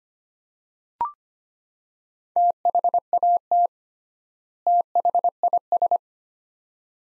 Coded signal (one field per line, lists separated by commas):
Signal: Morse code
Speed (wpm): 25 wpm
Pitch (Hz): 700 Hz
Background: none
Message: THAT THIS